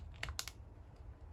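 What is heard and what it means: The black plastic cover halves of a 2007–2011 Toyota Camry key fob are clipped back together onto the fob housing after a battery change. A few short, bright plastic clicks come around 0.2, 0.3 and 0.5 seconds, with the loudest sharp snap at 0.4 seconds. The cover snaps shut and is seated.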